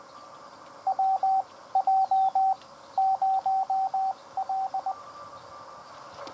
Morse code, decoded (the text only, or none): WJ0L